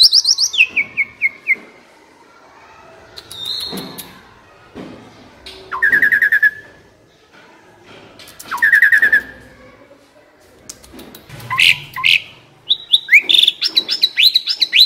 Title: Masteran Jalak Suren AMPUH Dan EFEKTIF Atasi Burung KURANG GACOR Dan LOYO